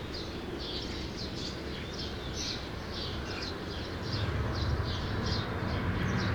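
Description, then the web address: True sparrow chirps, short high notes repeated several times a second in an uneven run, over a steady low rumble like traffic that grows louder near the end. "sound True-sparrows. صدای-پرنده-راستین"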